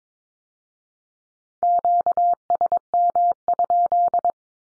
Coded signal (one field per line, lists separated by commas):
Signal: Morse code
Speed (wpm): 22 wpm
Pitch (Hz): 700 Hz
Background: none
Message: QSM?